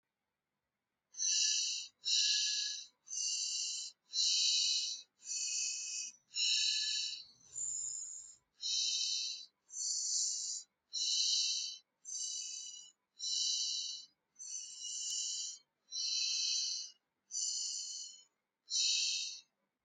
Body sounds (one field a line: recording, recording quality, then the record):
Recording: shallow breathing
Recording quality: excellent, no background noise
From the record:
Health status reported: recovered from COVID-19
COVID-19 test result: negative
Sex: male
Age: 24 years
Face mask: not worn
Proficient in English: yes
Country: India